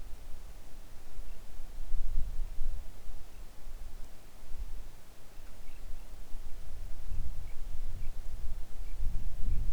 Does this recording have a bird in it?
yes